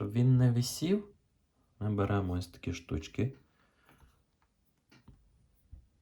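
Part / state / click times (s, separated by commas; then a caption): small wire fitting for a soft-plastic lure rig / not seated / none. Someone talks, then picks up the small wire fittings used on a soft-plastic lure rig to keep the hook from dangling and handles them before threading one through the loop. Only faint ticks are heard around 3.9, 4.9 and 5.1 seconds, and nothing has seated or clicked yet.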